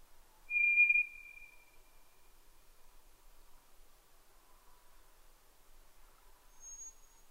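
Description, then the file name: White's thrush song: a single clear, level whistle, trailing away, followed by quiet and a faint very high thin tone near the end. At night, 22:35, 11 June 2011. "DH-D 50-toratugumi-20110611-2235"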